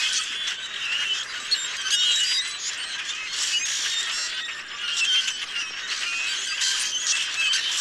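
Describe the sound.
Common grackle song: a thick, unbroken chorus of squealing, rasping calls from many birds at once.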